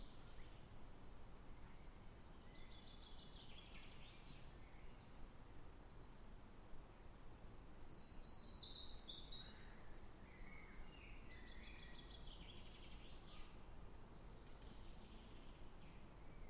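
Birds sing in a forest, with a soft, steady hiss of ambient noise running underneath throughout. A bright, rapid burst of high chirping stands out between about eight and eleven seconds, louder than the scattered faint calls before and after.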